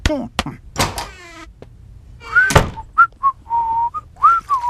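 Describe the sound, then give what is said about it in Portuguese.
A person whistles a short, cheerful tune, clear tonal notes sliding and held around mid-high pitch, after a few sharp clacks and rustling noises at the start. “Você me ouviu assobiando, não é?”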